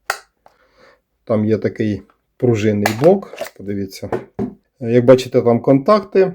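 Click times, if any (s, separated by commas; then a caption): 0.1 s. A release button is pressed on a Litheli brushless cordless impact driver, and the spring block in the receiver pushes the battery pack out with a sharp click at 0.1 s. A faint tick follows at about 0.5 s, then someone talks for the rest of the clip. The battery pack is ejected from the impact driver's battery receiver.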